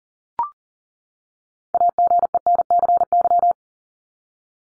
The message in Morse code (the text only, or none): AGENCY